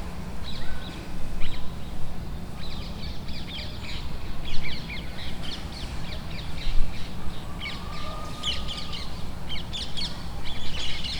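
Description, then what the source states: Rose-ringed parakeets squawking in irregular bursts of harsh notes throughout, over a constant low rumble. Ring-necked parakeets agitated at the foot of Parc des Beaumonts, Montreuil near Paris, France; recorded with a DR-40X.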